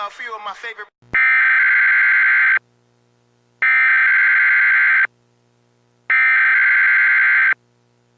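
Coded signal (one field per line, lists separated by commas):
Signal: Emergency Alert System (SAME) tones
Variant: header bursts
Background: speech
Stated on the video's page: Simulated EAS scenario for a fictional containment breach.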